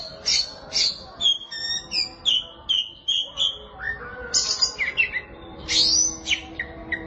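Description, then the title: Oriental magpie-robin song: clear whistled notes and short buzzy phrases in a quick, varied sequence over a low background hum. Chirping song (kicauan) of the bird. "Suara Kicauan Burung Kacer"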